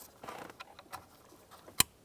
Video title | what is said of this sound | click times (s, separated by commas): How to Replace Ignition Cylinder Kit 2005-2010 Chrysler 300 | you hear it click in and then press that lock tab in | 1.8 s